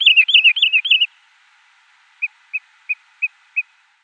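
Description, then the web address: Wood Sandpiper display flight call: a rapid run of fluty, yodelling whistled notes for about a second, then five short separate whistles spaced roughly a third of a second apart. "Schulze Peter Wood Sandpiper displayflight"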